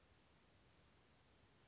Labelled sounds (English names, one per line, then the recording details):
Western Flycatcher
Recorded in Sonoma County, California